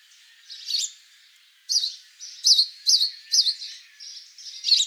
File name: Passer domesticus